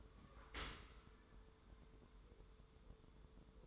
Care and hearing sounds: daily activity, microphone in the room; open dishwasher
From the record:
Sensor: 3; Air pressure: 1014.9 hPa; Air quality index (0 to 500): 39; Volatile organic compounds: 1 ppm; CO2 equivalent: 586 ppm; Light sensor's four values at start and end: 12/26/11/11 and 12/26/11/11

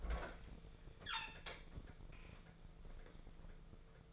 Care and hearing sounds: daily activity, microphone in the room; open fridge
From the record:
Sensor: 5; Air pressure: 1015.0 hPa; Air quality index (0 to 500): 188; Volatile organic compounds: 8 ppm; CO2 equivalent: 2066 ppm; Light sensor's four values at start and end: 89/206/90/100 and 94/215/95/106

